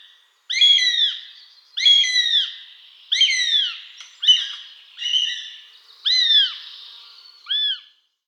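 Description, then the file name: Northern goshawk giving seven drawn-out, arched wailing calls in a series at roughly regular intervals. "Habicht"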